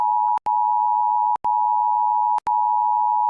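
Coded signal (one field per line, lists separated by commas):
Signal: Emergency Alert System (SAME) tones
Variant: 853 and 960 Hz attention tone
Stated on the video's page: New Jersey Required Monthly Test aired on a TV station.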